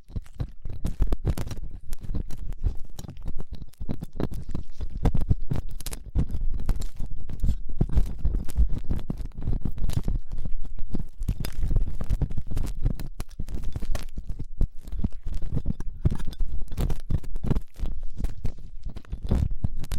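Ear cleaning with latex gloves, a dental pick and cotton swabs: a dense, constant stream of rubbing, crunching and scratching that never pauses. The sound is mostly low and muffled, broken by frequent sharp crackles that flash up bright, several every second.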